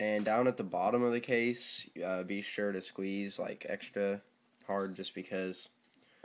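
A LifeProof plastic phone case for an iPhone 5 is handled, with its bottom clip being pressed toward the front shell while someone talks throughout. Two faint, brief ticks come near the end at about 5.9 and 6.2 seconds. Nothing has seated or clicked yet.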